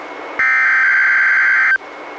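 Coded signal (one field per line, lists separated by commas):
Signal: Emergency Alert System (SAME) tones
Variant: header bursts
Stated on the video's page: Three NWS Required Weekly Tests relayed by a NOAA Weather Radio station, recorded from a Reecom R-1630 weather radio through a Zoom H1 recorder.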